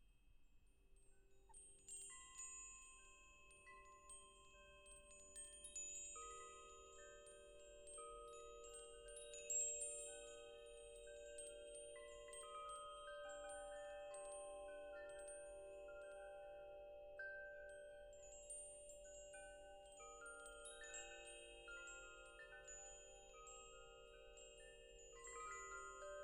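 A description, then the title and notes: Wind chimes ring continuously, their tones overlapping and sustaining so the air stays full of bright, shimmering notes. Strikes come irregularly, clustering more densely after the first few seconds, with a low steady rumble of wind underneath throughout. The Soothing Sounds of Wind Chimes. The gentle symphony of wind chimes as they dance to the rhythm of the wind. The enchanting melodies produced by various wind chime designs.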